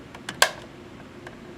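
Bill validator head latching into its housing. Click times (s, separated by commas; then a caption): 0.4 s. A bill validator head is squeezed into its plastic housing, and a few small ticks lead up to one loud, sharp click at 0.4 seconds. A fainter tick follows at about 1.3 seconds, and the head is latched into place.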